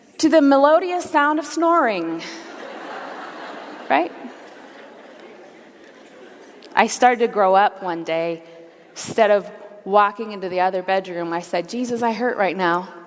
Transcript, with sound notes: to the melodious sound of snoring. (laughter) I started to grow up one day. Instead of walking into the other bedroom, I said, “Jesus, I hurt right now.